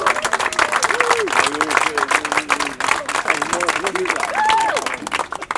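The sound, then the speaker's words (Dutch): An audience applauds steadily, a dense wash of many hands clapping at once, with voices calling and talking over the sustained clapping throughout. “Dus ook graag een heel groot applaus.”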